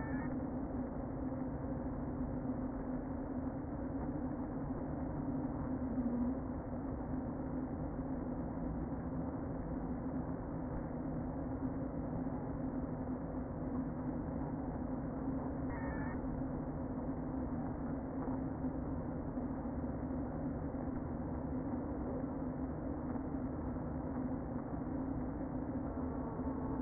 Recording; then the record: honeybee colony, microphone inside the hive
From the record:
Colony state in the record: queen present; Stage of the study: before two queens were removed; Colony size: about 60,000 bees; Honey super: yes